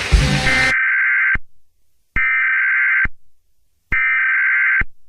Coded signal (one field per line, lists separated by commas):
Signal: Emergency Alert System (SAME) tones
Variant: header bursts